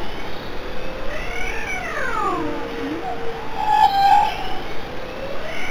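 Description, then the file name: Whale calls: long, smooth tonal moans sweeping up and down in pitch, overlapping slides and a held mid-pitched note, over low rumbling background. "baleine"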